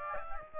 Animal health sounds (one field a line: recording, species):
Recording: mosquito wingbeat signal from an infrared sensor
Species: Aedes aegypti